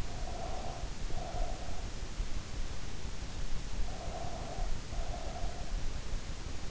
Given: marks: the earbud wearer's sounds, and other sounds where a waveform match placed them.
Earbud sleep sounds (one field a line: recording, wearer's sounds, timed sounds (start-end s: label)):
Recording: sounds in sleep by an in-ear microphone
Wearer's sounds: breath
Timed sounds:
0.06-1.88 s: breath
3.75-5.79 s: breath